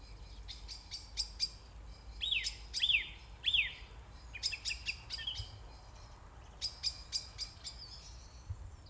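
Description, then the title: Song thrush song with sharp clicking notes, then a clear whistled note repeated three times, followed by more clipped high phrases. Recorded 4 May 2021 at 20:35. "2021-05-04 20-35-13-Song-Thursh-4 th-May-2021"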